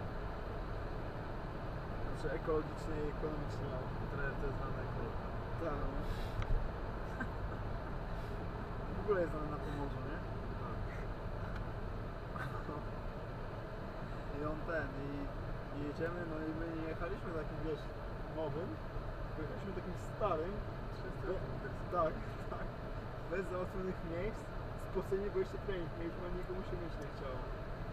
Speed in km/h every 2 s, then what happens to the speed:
73, 76, 76, 72, 65, 61, 60, 60, 60, 60, 60, 60, 60, 60.
4-12 slows to 60. 12-28 steady at about 60.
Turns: none.